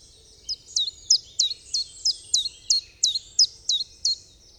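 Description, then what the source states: Common chiffchaff song: a run of bright, high, downward-hooked notes, about three per second, over faint background hum. Recorded on 15 April 2007.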